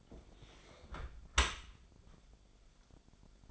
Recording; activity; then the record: daily activity, microphone in the room; close dishwasher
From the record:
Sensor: 5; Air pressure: 1006.7 hPa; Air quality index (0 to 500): 187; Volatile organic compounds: 5 ppm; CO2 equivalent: 1784 ppm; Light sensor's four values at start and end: 55/152/60/61 and 54/152/60/60